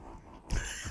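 After a quiet stretch, a single short, low, rough nasal snort bursts out about halfway through, followed by a faint noisy exhale. This is snorting in a small dog, a female Chihuahua with a deviated septum that obstructs nasal airflow; she habitually snorts and grunts.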